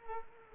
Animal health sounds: mosquito wingbeat signal from an infrared sensor; Culex pipiens

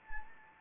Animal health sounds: mosquito wingbeat signal from an infrared sensor; Anopheles gambiae

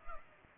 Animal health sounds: mosquito wingbeat signal from an infrared sensor; Culex pipiens

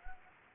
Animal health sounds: mosquito wingbeat signal from an infrared sensor; Anopheles gambiae

